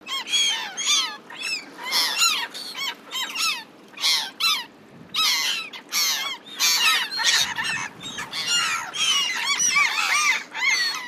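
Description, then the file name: Black-headed gull calls: a flock of harsh, squealing cries that rise and fall, many of them overlapping. "yurikamome"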